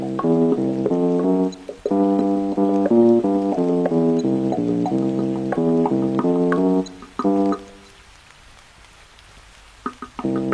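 Music of quick, repeated mid-range chords plays in choppy bursts for about seven seconds, then fades to near silence with faint hiss.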